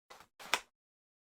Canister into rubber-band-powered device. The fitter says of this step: can hear it locking that's kind of like a hook that grabs on to the inside of the canister